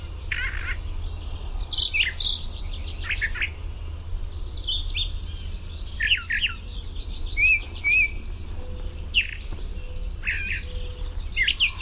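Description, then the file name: Brown thrasher singing a varied stream of rich phrases and slurred whistles over a constant low hum. "BRTH song"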